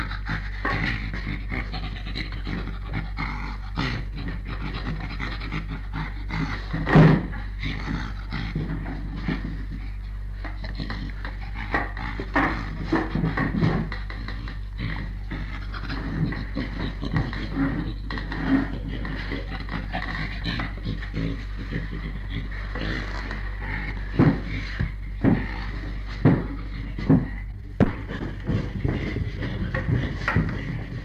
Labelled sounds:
Western Gorilla
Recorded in captivity
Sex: male
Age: juvenile
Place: Zoo Berlin, Berlin, DE
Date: 1958-05-09 12:30
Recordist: Tembrock, Günter

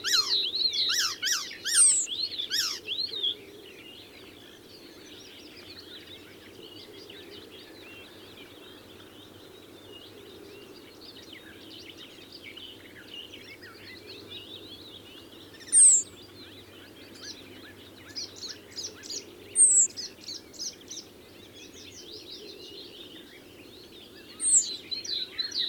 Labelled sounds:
Eurasian Penduline Tit call
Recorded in the wild
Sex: male
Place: Lewitzrand, Insel Rügen, Mecklenburg-Vorpommern, DE
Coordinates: 53.456, 11.699
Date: 1977-05-22
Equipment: Nagra III BH, Sennheiser MD 21, parabola
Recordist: Schubert, Michael

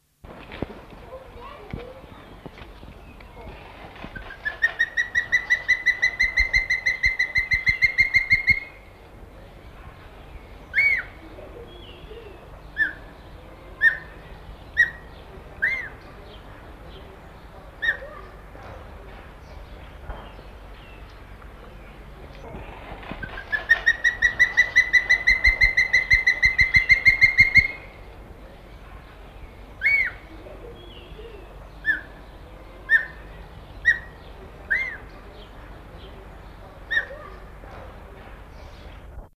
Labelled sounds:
Black-and-white Hawk-Eagle
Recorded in captivity
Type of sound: call
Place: Zoo Amsterdam, NL
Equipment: Halbspur, 9,5 cm/s
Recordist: Lütgens, Hans
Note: Zwei Strophen

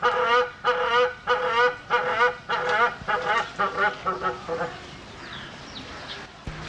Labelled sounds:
Southern Rockhopper Penguin call
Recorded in captivity
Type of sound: call sequence
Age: adult
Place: Zoo Berlin, Berlin, DE
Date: 1985-11-08 12:25
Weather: sonnig, 5 - 8°C
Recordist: Tembrock, Günter
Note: Rufreihe (gut!!!)

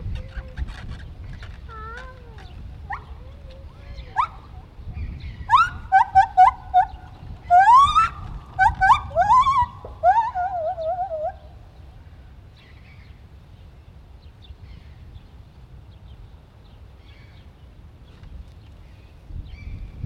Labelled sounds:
Lar Gibbon
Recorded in captivity
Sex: male
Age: adult
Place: Tierpark Berlin, Berlin, DE
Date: 1974-07-20
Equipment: Uher 4200 Report Stereo, Verstärker, Sennheiser MD 421
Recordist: Tembrock, Günter

